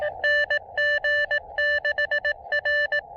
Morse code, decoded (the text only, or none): NG6R